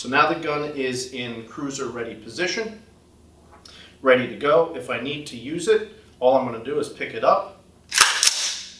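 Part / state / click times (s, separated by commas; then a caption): rifle bolt closing on a cartridge in the chamber / seated / 8.2 s, 8.3 s. Someone talks, then the charging handle on an M4/AR-15 rifle is run and the steel bolt slams forward, stripping a cartridge from the magazine into the chamber. Sharp metallic clacks are heard at 8.2 s and 8.3 s. The round is seated in the chamber.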